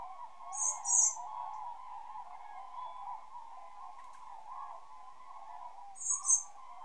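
Common blackbird uttering a pair of high, sibilant calls, then after about five seconds another pair, against a continuous humming background.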